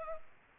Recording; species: mosquito wingbeat signal from an infrared sensor; Culex pipiens